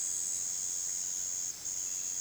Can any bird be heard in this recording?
no